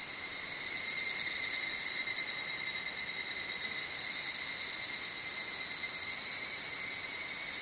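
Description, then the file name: Evening cicada call: an even, shrill tone with rapid rhythmic pulsing that rises gently in strength midway before settling back. "higurashi"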